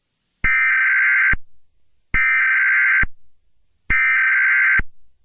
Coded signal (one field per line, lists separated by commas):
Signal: Emergency Alert System (SAME) tones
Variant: header bursts